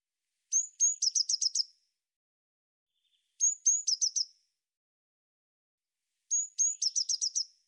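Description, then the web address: Eurasian blue tit calls: three bursts about three seconds apart, each two thin high notes followed by a rapid buzzy trill, with silence between. "cianscape birddata Deverinetal 2025 File cleaned normalized Bird Cy Ca"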